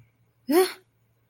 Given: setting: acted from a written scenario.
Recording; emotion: vocal sound without words; negative surprise